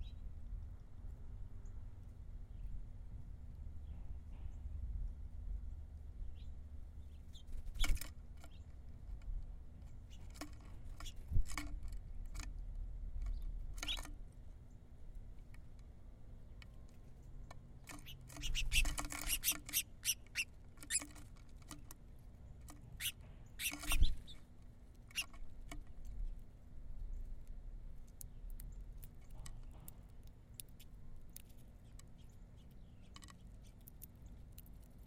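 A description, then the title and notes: Birds feed close to the microphone, with sharp clicks and scratches of claws and pecking scattered irregularly throughout. A dense burst of scrabbling and fluttering comes around twenty seconds, with another loud knock near twenty-four. A low steady hum and rumble sit underneath. Birds Feeding. Sounds of claws scratching, beaks pecking, wings fluttering, seeds dropping. Birds & microphones on feeder Carrollton, OH December 2017 DPA 4060 mic pair -> Sound Devices MixPre 3.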